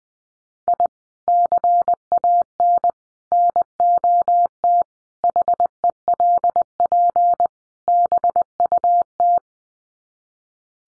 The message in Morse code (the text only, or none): I CAN NOT HELP BUT